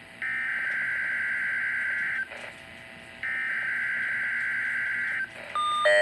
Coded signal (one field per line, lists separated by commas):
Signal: Emergency Alert System (SAME) tones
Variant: header bursts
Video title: Required Weekly Test #2 (3/13/2024) (EAS #62)